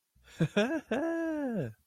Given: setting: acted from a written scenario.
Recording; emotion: vocal sound without words; elation